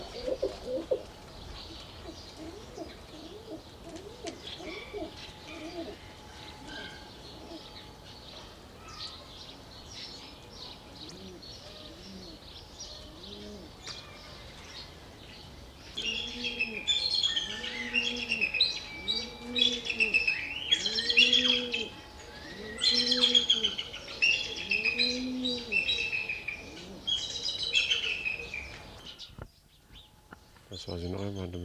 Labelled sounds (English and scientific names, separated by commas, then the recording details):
Rock Dove (Columba livia) call
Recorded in captivity
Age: adult
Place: Tierpark Berlin, Berlin, DE
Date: 1981-04-18 10:12
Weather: sunny, 1-6°C
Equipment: Nagra SN, Kopie Uher 4200
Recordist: Tembrock, Günter